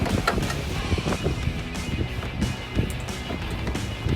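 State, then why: Seated. On a 2015-2020 Ford F-150, a parking sensor wiring plug is pushed into its mating harness connector under the rear bumper, over steady background noise. A sharp click at 0.3 s shows the connector is fully seated, and a fainter sharp sound follows at 3.7 s.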